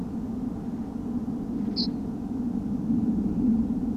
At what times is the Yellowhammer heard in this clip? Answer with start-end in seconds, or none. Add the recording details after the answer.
1.75-1.88. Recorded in France